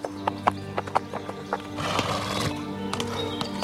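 A horse's hooves clop in an uneven series of sharp knocks as Louis Carlet de la Rosière arrives on horseback at the château de Dormans in October 1763, then the animal lets out a loud, quavering whinny that rises and falls before a few more hoof steps.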